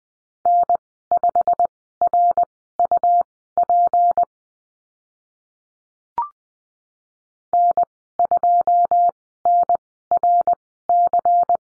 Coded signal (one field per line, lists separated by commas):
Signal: Morse code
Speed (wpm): 20 wpm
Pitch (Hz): 700 Hz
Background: none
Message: N5RUP N2NRC